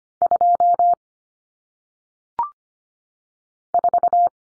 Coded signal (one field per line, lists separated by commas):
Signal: Morse code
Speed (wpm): 25 wpm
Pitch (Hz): 700 Hz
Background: none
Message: 2 4